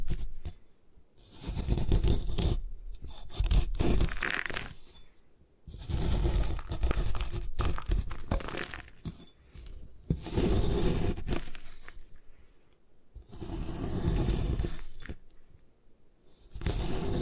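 Gym chalk being destroyed in rough, grinding bursts of crumbling and scraping, each lasting a couple of seconds. Short gaps of near silence separate the bursts, which recur about five times. The texture is gritty and dense, with a low rumble underneath and brighter crackle on top.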